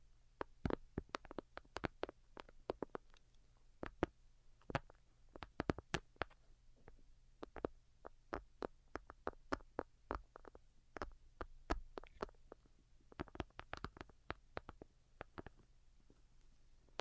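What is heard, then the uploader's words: Delicate tapping, a run of sharp, quick clicks throughout at an uneven pace, sometimes in rapid bursts and sometimes spaced out. Each tap is crisp and bright, standing out over a faint, steady low hum beneath. Most Delicate and Calming Tapping. (No Talking).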